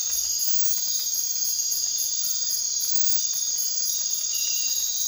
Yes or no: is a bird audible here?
no